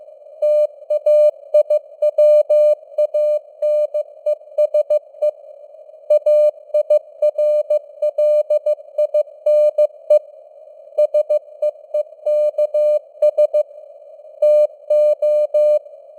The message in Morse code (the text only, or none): TAIWANESE AIRLINE SEEKS TO